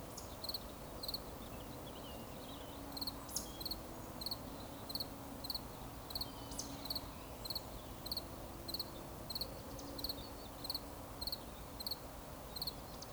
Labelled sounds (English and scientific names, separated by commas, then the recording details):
Eurasian Woodcock (Scolopax rusticola) whistle
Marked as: whistle, whistle, whistle, whistle, whistle
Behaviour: display flight
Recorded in Baden-Württemberg, Germany, on 11 June 2020 at 20:08 UTC
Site 24578, 122 m above sea level